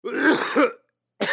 Cough.